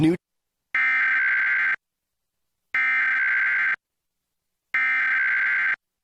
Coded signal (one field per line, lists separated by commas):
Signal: Emergency Alert System (SAME) tones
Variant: header bursts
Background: speech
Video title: EAS National Periodic Test – Xfinity (8/11/2021)